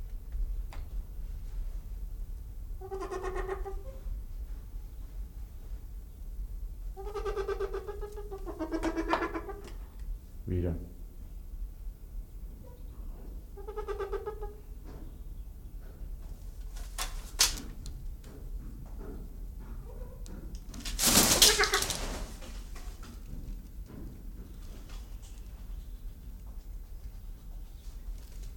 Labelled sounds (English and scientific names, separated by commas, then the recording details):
Trumpeter Hornbill (Bycanistes bucinator) call
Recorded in captivity
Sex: pair
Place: Zoo Berlin, Berlin, DE
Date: 1996-02-24 12:19
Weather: heiter, -6°C
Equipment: Sony WM-D6C, Sennheiser ME 80, Kopie Uher 4000 Report Monitor
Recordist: Tembrock, Günter
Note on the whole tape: Männchen Lautfolgen (z.T. beim Putzen) vor der Höhle, Weibchen in der Höhle